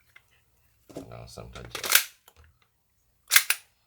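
A weapon light is slid onto the accessory rail of an Umarex VFC Glock G17 Gen5 MOS gas blowback airsoft pistol and snaps into place with a single sharp click at 0.2 s. Someone then talks, and several loud, sharp clacks follow near the end.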